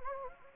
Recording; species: mosquito wingbeat signal from an infrared sensor; Anopheles gambiae